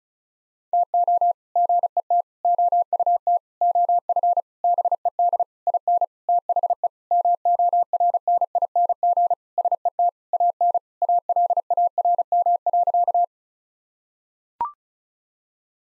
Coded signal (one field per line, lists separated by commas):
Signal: Morse code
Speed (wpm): 36 wpm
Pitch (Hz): 700 Hz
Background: none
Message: TO GET OUT OF BED IN THE MORNING SET AN ALARM.